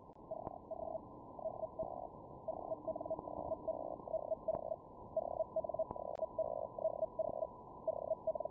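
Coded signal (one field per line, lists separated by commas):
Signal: Hellschreiber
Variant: Feld Hell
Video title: feldhell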